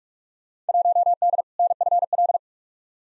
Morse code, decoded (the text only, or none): 1D NFL